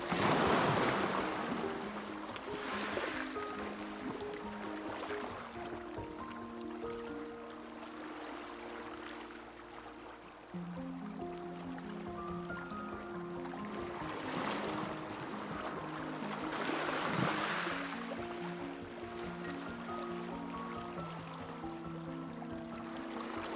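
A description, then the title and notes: Waves crash against rocks over soft, slow music built from held low chords and gently shifting notes. Surges of rushing water swell at the start and again around 14 and 17 seconds, while the music continues at an even, calm level throughout. Soothing WAVES and MUSIC. In this episode, immerse yourself in a marine world and let yourself be rocked by soothing waves crashing against the rocks. Accompanied by soft and relaxing music.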